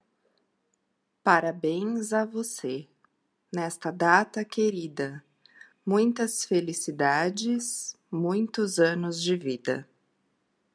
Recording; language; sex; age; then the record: short text; Brazilian Portuguese; female; 30 to 39 years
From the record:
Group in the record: control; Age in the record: 39 years